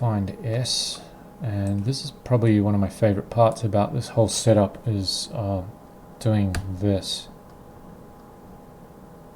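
Someone talks while handling a tabletop game component, fitting it toward its holder in the game setup during solo play. Speech fills most of the clip, with faint handling sounds in between and quiet after about 7 seconds; nothing has seated or clicked yet.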